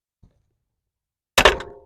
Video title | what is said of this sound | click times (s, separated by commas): How to change Toyota Rav4 Prime Transmission and Rear Differential Fluid. Have no fear, JT is Here 😃 | there you go. You hear that snap? | 1.5 s